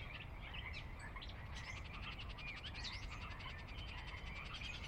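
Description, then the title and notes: Pacific chorus frogs croaking together in a thick chorus; a fast pulsed trill runs through the middle seconds over a constant low background rumble. Chorus on the valley floor of Sinlahekin Valley, Sinlahekin Wildlife Area, Washington, a glacier-dug trench near the Cascades' northeastern slope; recorded at dusk; frogs described as ever-present. "Sinlahekin Valley dusk. the ever-present Pacific Chorus Frogs that are a fixture of the Northwest Soundscape"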